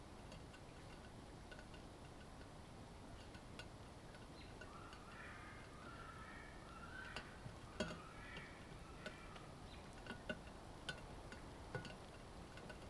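An outdoor soundscape from the eastern Parry Sound District of Ontario, with a steady low rumble and hiss throughout. From about five to nine seconds, soft warbling bird calls rise and fall, and sharp clicks and ticks pop up scattered across the clip.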